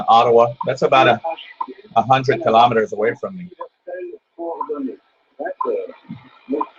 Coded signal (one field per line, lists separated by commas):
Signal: radio time signal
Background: speech